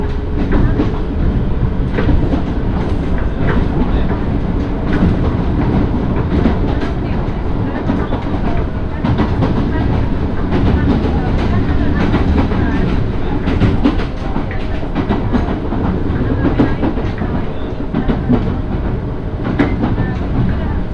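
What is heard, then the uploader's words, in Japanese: A train on the Yoro Railway runs steadily with a dense low rumble, frequent clicking rail joints and occasional sharp squeaks throughout. 養老鉄道 揖斐→大垣→養老。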